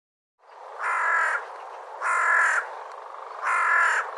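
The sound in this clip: Bird giving harsh, raspy cawing calls, three loud calls over softer rasping sound.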